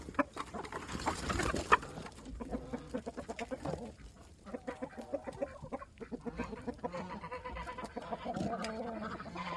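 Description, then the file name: Chickens with a loud burst of squawking and flapping at the start, then steady, repeated clucking throughout. Chickens in a barnyard, clucking, squawking and flapping their wings. "CHICKENS BARNYARD CU-CLUCK SQUAWK FLAP"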